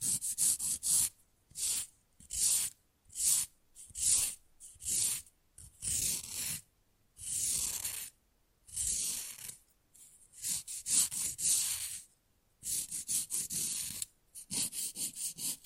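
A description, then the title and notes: Fast, rough nail filing: short scratchy strokes come in quick bursts with brief silent gaps, about one per second. The strokes are hissy and bright, a few around the middle drawn out longer, and the rhythm stays fairly steady throughout. Manicure Session Fast & Rough Nail Filing + Tapping.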